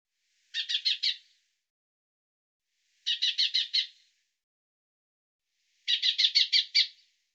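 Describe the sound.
Bird producing three quick high-pitched chattering runs of five to seven notes, separated by short silences.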